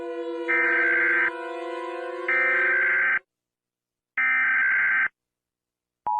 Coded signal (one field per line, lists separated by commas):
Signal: Emergency Alert System (SAME) tones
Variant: header bursts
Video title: Rating eas alarms part something